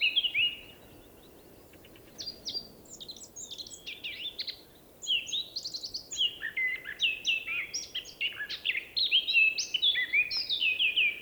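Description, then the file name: Eurasian blackcap song: a brief high phrase, a pause, then a long run of rich, varied warbling notes in quick, tumbling bursts. "Sylvia atricapilla"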